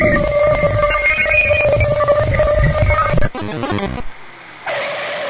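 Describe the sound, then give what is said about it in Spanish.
A car skids to a stop as evening falls: a sustained, wavering tire squeal rings over rumbling noise for about three seconds, then cuts off abruptly into brief clattering and hissy bursts. “El carro ya se paró y está cayendo la tarde.”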